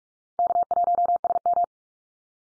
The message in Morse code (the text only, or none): K1SM